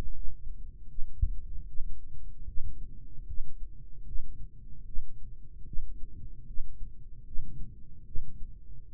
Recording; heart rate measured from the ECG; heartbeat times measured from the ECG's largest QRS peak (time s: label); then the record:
heart sounds by microphone in the right ear; 76 bpm
0.15 s: heartbeat
0.89 s: heartbeat
1.67 s: heartbeat
2.47 s: heartbeat
3.27 s: heartbeat
4.06 s: heartbeat
4.86 s: heartbeat
5.66 s: heartbeat
6.47 s: heartbeat
7.25 s: heartbeat
8.06 s: heartbeat
8.87 s: heartbeat
From the record:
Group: healthy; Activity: cold pressor test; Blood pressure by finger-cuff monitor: 93/53 mmHg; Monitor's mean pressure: 66 mmHg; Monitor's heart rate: 76 bpm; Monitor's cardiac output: 4.4 L/min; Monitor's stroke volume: 56 mL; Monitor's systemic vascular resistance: 1090 dyn s/cm5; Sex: male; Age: 55 years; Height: 167 cm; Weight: 57.2 kg